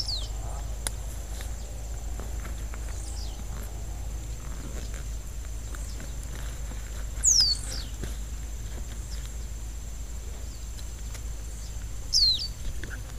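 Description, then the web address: Copper seedeater giving two loud calls, about five seconds apart, each a crisp high note dropping quickly in pitch, set against soft background noise, faint ticks and fainter notes. "sound Copper-seedeater. صدای-پرنده-دانه-خوار-مسی"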